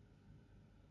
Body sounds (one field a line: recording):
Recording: background sound without coughing